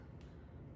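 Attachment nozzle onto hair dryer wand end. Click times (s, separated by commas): 0.2 s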